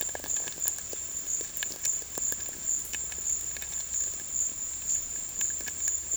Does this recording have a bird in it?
no